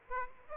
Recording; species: mosquito wingbeat signal from an infrared sensor; Aedes aegypti